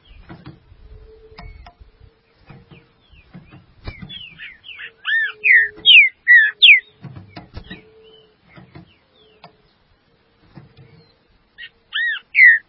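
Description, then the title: Green-winged saltator whistled song, a phrase of loud slurred notes in the middle and again near the end, over a background of low knocks and soft scattered sounds. "Trinca Ferro"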